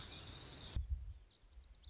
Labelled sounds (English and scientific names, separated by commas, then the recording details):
Lazuli Bunting (Passerina amoena)
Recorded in Sonoma County, California